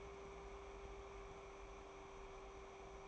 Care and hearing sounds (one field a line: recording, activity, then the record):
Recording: daily activity, microphone in the room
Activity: take from stove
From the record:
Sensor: 1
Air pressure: 1010.3 hPa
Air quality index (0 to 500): 170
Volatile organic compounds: 12 ppm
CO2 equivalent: 2346 ppm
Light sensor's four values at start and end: 57/145/60/76 and 57/146/61/77